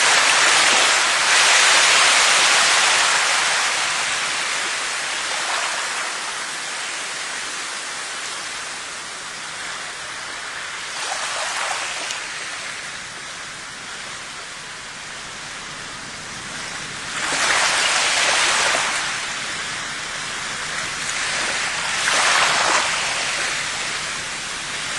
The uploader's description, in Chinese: 来自大自然下雨的声音，来自大海的声音